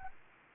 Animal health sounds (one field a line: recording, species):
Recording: mosquito wingbeat signal from an infrared sensor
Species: Anopheles gambiae